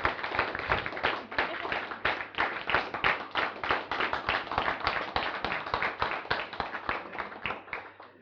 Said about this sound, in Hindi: परिवार का जोरदार तालियों से कृपया स्वागत करें।